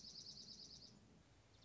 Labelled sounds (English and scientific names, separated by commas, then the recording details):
Dark-eyed Junco (Junco hyemalis)
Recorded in Sonoma County, California